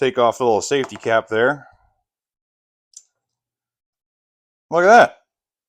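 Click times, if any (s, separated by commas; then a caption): none. Someone talks while handling a Kaiweets soldering iron, taking off a small safety cap before a metal soldering tip is pushed into the handheld iron body, where a detent marks when it is all the way in. A single brief, sharp tick sounds at about 3.0 s between stretches of talk. The tip has not yet seated or clicked into place.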